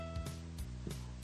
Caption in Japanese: 今お腹が鳴った音が結構入ったような気がする。 お腹空いてますよ。